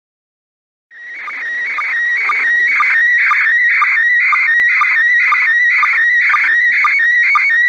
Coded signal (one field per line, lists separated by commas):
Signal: SSTV (slow-scan television)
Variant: PD 120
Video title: Décodage d'images en provenance de l'ISS (SSTV)